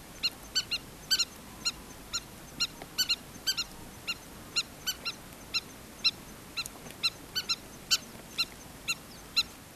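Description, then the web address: Southern lapwing calling persistently, harsh metallic notes about twice per second, occasionally paired, against a low steady background hiss. "earth naturelibrary assets s so southern lapwing"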